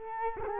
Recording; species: mosquito wingbeat signal from an infrared sensor; Culex quinquefasciatus